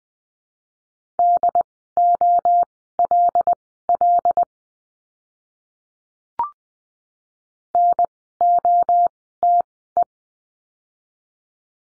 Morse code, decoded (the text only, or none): DOLL NOTE